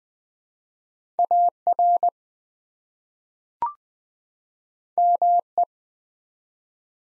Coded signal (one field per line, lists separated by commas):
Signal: Morse code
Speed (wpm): 20 wpm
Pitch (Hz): 700 Hz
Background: none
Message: AR ME